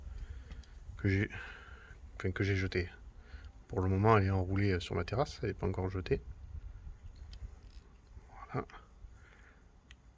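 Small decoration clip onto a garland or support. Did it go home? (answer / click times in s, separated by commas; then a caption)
yes / 9.9 s. A small clip-on decoration is pressed onto its garland or support while Christmas decorations are being hung. Someone talks for most of the clip, and a single sharp click follows at 9.9 s as the clip snaps on and holds.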